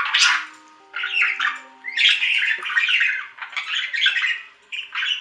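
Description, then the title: Budgerigar chattering in continuous raspy, squeaky warbles and short squawks, rising and falling with brief dips between bursts. "Budgie Sounds"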